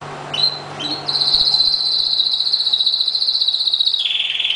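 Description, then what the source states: Oriental magpie-robin song: a few short whistled notes, then a long buzzy high trill held steady for about three seconds before dropping slightly at the end, over a faint low hum. Chirping.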